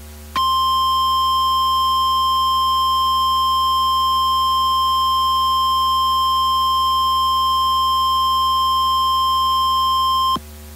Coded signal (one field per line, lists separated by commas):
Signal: Emergency Alert System (SAME) tones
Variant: 1050 Hz attention tone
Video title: EAS Scenario - The Wind and Spores